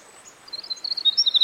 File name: Winter Wren